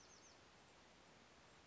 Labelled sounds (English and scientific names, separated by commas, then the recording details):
Bewick's Wren (Thryomanes bewickii)
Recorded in Sonoma County, California